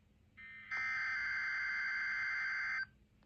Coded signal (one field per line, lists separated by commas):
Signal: Emergency Alert System (SAME) tones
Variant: header bursts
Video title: NOAA KDO94 EAS Required Weekly Test On Uniden BC365CRS And SDRSharp